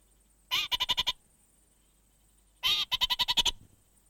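Orange-fronted parakeet giving two phrases, each a drawn-out harsh note followed by several quick chattering notes, about two seconds apart.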